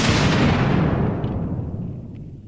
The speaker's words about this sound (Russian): Где-то далеко бухнул взрыв. «Похоже, Роботекс таки нашел Маров».